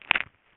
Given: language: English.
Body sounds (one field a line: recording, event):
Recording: throat vibration sensor signal played as sound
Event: swallow